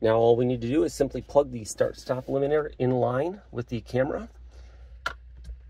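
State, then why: Seated. Someone talks while the start/stop eliminator harness connector is plugged in line with the stereo camera assembly connector on a 2023–2024 Subaru Legacy / Outback, to disable the auto start/stop feature. One sharp, loud click is heard at 5.1 s as the connector seats fully.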